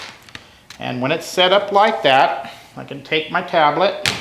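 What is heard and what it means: A tablet is handled near the magnetic strip at the top of a Logitech Ultrathin Keyboard Cover for iPad 2-4 while someone talks, with two brief taps near 0.3 s. The tablet has not yet snapped onto the strip, so nothing has seated or clicked yet.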